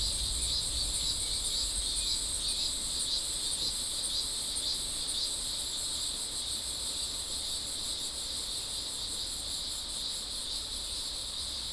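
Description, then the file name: Insects calling together in a continuous high-pitched drone, with a light low rumble underneath. "mainly insect"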